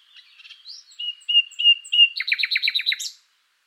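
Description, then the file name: Common nightingale song: soft twittering, then four clear repeated whistled notes, followed by a quick series of sharp downslurred chips and a brief high flourish. "Luscinia megarhynchos"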